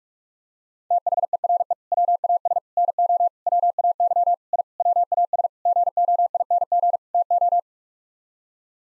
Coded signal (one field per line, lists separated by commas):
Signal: Morse code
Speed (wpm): 46 wpm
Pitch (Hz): 700 Hz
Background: none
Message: THERE WAS NO WAY I WAS GOING TO